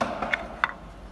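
A plastic filter element is pressed down by hand into its filter housing on a Mercedes van during a filter change. A few light clicks and taps lead up to a sharp click at 0.6 s as the part seats, followed by a faint echo tick. The filter part is pressed fully home.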